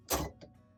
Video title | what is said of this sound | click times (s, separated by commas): DIY Christmas Presents Using the Cricut Explore Air 2 | all right to get started i'm going to load my first pen in to tool a you push it down until you feel it click | 0.4 s